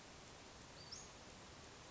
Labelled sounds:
Western Flycatcher (Empidonax difficilis)
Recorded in Sonoma County, California

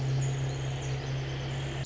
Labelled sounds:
Pacific Wren (Troglodytes pacificus)
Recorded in Sonoma County, California

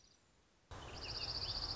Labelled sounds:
Dark-eyed Junco (Junco hyemalis)
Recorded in Sonoma County, California

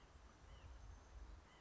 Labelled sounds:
White-breasted Nuthatch (Sitta carolinensis)
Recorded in Sonoma County, California

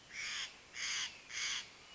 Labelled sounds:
Steller's Jay (Cyanocitta stelleri)
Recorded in Sonoma County, California

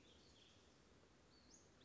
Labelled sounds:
Western Flycatcher (Empidonax difficilis)
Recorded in Sonoma County, California

